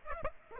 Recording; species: mosquito wingbeat signal from an infrared sensor; Aedes aegypti